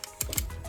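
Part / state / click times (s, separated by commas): plastic transformable figure part into its slot / seated / 0.4 s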